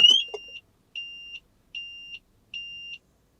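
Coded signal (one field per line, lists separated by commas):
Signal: beep code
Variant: car alarm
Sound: a short rising chirp and clicks, then four even high-pitched beeps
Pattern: 4 beeps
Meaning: Four beeps on unlocking warn that the car was disturbed while the alarm was set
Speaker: so they got four beeps to warn you that the car was disturbed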